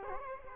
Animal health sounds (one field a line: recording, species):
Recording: mosquito wingbeat signal from an infrared sensor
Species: Culex quinquefasciatus